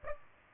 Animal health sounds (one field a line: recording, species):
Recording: mosquito wingbeat signal from an infrared sensor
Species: Aedes aegypti